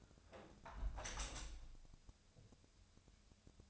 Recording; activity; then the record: daily activity, microphone in the room; close window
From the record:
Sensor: 2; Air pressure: 1014.7 hPa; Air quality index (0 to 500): 29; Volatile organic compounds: 1 ppm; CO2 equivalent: 524 ppm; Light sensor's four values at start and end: 8/19/8/8 and 8/19/8/8